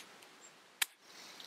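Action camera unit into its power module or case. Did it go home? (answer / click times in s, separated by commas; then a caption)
yes / 0.8 s. A DJI Action 2 action camera unit is pressed onto its accessory module (power module or case), where it clips and magnetically seats. One sharp, bright snap sounds at 0.8 s over a quiet background, with only faint small ticks around it. The camera unit seats firmly in place.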